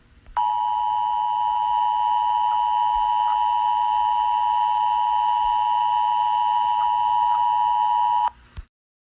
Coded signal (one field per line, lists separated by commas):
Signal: Emergency Alert System (SAME) tones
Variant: 853 and 960 Hz attention tone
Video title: EAS: OKC Tornado Warning (Mock)